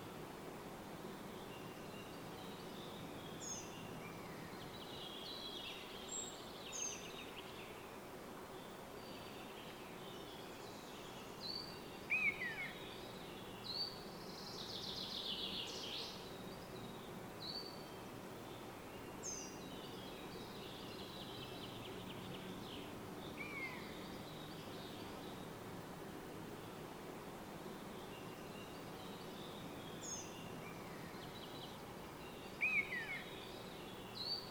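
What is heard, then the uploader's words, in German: A steady rustling hush of mountain forest fills the whole recording, low and even. Scattered bird calls sound, short bright chirps and a few sharper whistles around twelve, fifteen and thirty-three seconds. Alpenwald. Wir reisen in die österreichischen Alpen und hören dem Rauschen des Waldes zu.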